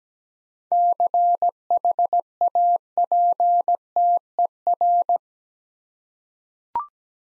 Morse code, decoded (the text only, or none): CHAPTER